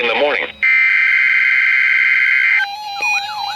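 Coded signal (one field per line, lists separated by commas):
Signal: Emergency Alert System (SAME) tones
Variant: header bursts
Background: speech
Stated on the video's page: NOAA Weather Radio required weekly test from a Milwaukee, Wisconsin transmitter.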